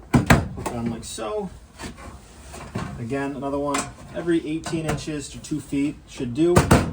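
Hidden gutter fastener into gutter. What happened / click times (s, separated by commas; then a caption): The gutter hanger is being handled and has not yet clicked into place / none. A hidden gutter fastener is handled against an aluminium gutter, with two brief sharp knocks near 0.1 and 0.3 seconds while someone talks throughout. The fastener has not yet clicked into the gutter, and nothing has seated.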